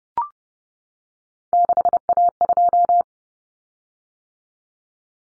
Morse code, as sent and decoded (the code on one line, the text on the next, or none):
-.... .- ..---
6A2